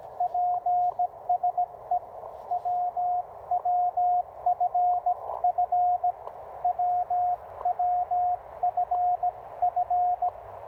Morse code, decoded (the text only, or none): PSE WWFF WWFF